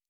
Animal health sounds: hydrophone in a shrimp aquaculture tank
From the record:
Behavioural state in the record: normal

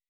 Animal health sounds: hydrophone in a shrimp aquaculture tank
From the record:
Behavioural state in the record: weakened

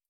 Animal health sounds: hydrophone in a shrimp aquaculture tank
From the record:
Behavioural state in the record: starved

